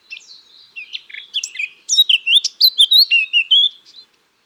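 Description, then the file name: Eurasian blackcap singing a varied warble that starts soft and chattery, then breaks into loud, clear fluty whistles rising and falling over about two seconds. "Sylvia atricapilla"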